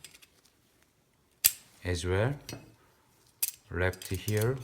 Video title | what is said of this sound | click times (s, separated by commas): PathLoc Lateral Retractor system | here the click sound right here as well | 1.5 s